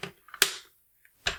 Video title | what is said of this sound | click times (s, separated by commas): Norinco M14 M305 Review | there snaps into place | 0.4 s